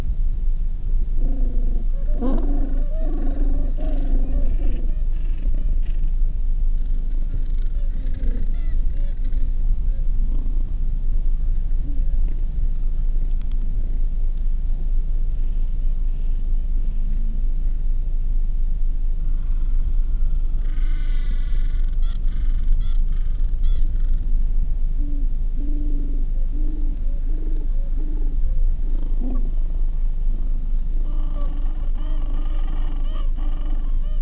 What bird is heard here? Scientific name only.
Pygoscelis papua